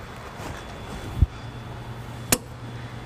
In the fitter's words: hear that click that means we're there perfect